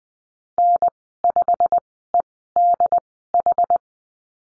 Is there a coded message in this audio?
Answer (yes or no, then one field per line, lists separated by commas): yes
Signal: Morse code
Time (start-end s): 0.6-3.8 s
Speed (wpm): 20 wpm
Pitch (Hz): 700 Hz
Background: none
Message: N5EDH